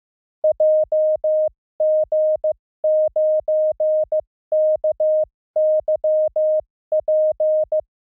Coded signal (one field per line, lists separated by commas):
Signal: Morse code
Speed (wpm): 15 wpm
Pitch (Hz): 620 Hz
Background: none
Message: JG9KYP